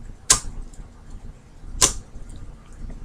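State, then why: Seated. A RAM module is pressed down along its top midline into a motherboard DIMM slot and snaps into place with a loud, sharp click at 0.3 s. A second, similar sharp snap follows at about 1.8 s over a quiet background. The module is seated.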